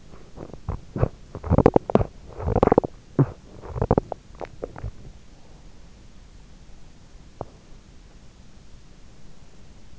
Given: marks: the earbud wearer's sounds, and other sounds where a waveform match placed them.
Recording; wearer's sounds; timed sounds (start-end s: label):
sounds in sleep by an in-ear microphone; teeth grinding
0.00-5.45 s: teeth grinding